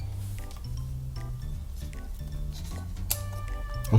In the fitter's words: twist until it locks into place and you hear the click and